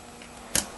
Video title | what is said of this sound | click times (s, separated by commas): How To The Replace Starter 2008-2014 Chevy Tahoe. | And you'll hear it snap in and it locked in. | 0.6 s